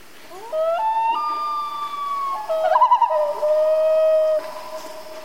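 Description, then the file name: Loon calls: drawn-out wailing tones rising and holding, broken midway by a quick wavering tremolo burst, then another long steady wail. "Lender Loons"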